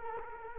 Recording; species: mosquito wingbeat signal from an infrared sensor; Culex quinquefasciatus